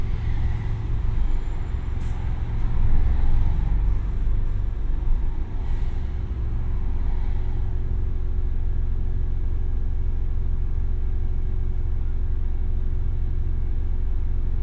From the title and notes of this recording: Bus 49, Brighton. Take a ride on a bus from Brighton towards Moulsecoomb.